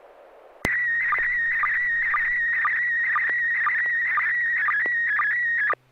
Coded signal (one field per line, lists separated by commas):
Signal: SSTV (slow-scan television)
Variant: PD 120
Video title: N6NA SSTV Net - 03/06/2024